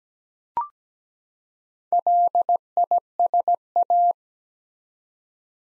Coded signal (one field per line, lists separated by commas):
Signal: Morse code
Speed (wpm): 17 wpm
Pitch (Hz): 700 Hz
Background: none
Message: LISA